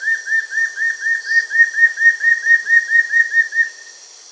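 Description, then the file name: Antshrike song, a steady series of about fifteen short whistled notes, evenly repeated and slightly rising in loudness before ending abruptly, with constant high insect hiss behind. "Frederickena"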